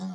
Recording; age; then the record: pig call; piglet (1 to 25 days)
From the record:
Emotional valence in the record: negative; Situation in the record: long isolation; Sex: female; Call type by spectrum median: low-frequency call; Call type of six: low-frequency tonal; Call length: 0.14 s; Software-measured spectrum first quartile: 187 Hz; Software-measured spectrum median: 263 Hz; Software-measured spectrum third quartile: 1339 Hz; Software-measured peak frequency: 183 Hz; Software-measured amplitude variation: 37 dB a second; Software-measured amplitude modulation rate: 3.5 a second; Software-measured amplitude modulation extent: 10.6 dB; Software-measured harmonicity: 13.4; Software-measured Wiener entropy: -2.20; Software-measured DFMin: 1162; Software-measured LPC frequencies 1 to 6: 3679, 4835, 5394, 6377, 7269, 8868 Hz